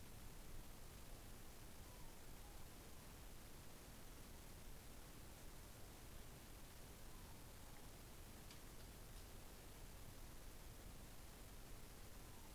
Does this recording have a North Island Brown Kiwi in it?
no